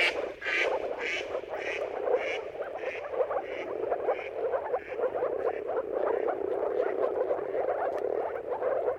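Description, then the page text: Low bubbling moor frog chorus, joined at the start by a run of harsh repeated calls that fade after a few seconds. Moor frog mating calls in a dawn chorus at sunrise, at the turn of March and April depending on the weather; many frogs calling together. "earth-fm Jakub-Orzecki moor frogs. Dawn’s Chorus: Mating Calls of Marsh Frogs at Sunrise. Depending on the weather at the turn of March and April, you can witness an amazing spectacle of moor frogs"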